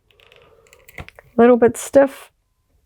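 A slightly stiff plastic Star Wars Black Series 6-inch Hunter (The Bad Batch season 1) action figure arm, with rubber shoulder parts, is moved back down in its shoulder joint, producing a few faint small ticks and creaks. Someone talks. Nothing has clicked into place yet.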